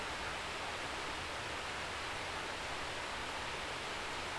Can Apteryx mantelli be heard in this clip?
no